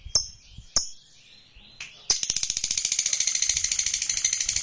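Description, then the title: Lovebird chirping: a few sharp high chirps, then from about two seconds a fast, steady, buzzy chatter of rapid notes running to the end. Fighter-type lovebird singing energetically (gacor). "SUARA Lovebird FIGHTER GACOR"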